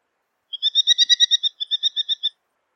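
Bird song: a quick run of evenly repeated high notes, a brief pause, then six more matching notes, all clear against silence.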